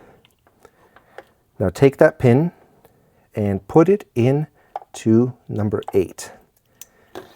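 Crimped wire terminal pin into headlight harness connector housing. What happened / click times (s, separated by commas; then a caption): Handled, not yet home: the pin has not clicked into the housing / none. A crimped wire terminal pin, removed from a GR Corolla headlight harness connector to fix a high beam issue, is handled and pushed toward cavity number eight of the plastic connector housing. Someone talks over light handling ticks at about 0.3, 0.5, 0.7, 1.0, 1.2, 6.6, 6.8 and 7.2 seconds. The pin has not clicked or seated in the housing yet.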